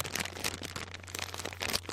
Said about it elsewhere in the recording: Bubbling and crackling sounds called rales over. The infected area when the person breathes. You're listening with the stethoscope to the lungs, especially towards the bottom of the lungs. You'll hear this with somebody that has pneumonia.